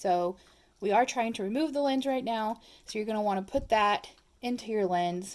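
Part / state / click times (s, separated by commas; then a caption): lens removal tool onto the laser lens in the print head / not seated / none. A blue lens removal tool with magnets is being brought to the laser lens in the print head of a Glowforge 3D laser printer while someone talks. Nothing has seated or clicked yet; the magnets have not snapped onto the lens.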